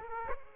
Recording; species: mosquito wingbeat signal from an infrared sensor; Aedes aegypti